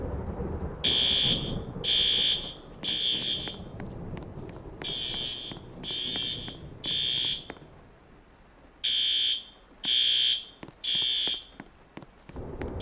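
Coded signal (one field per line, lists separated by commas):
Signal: alarm pattern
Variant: System Sensor horn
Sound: harsh buzzing horn blasts, three short blasts, pause, repeated three times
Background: low rumbling background noise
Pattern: temporal three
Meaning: Temporal-three horn pattern signals building evacuation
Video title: Seyper Mall Fire Alarm Testing | Sneak Peak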